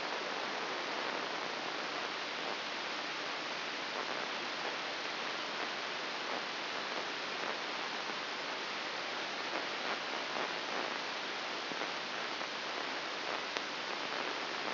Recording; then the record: brain microelectrode recording played as sound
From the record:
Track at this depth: inside the subthalamic nucleus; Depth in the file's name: 3.802 mm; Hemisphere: right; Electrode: 3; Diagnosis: Parkinson's disease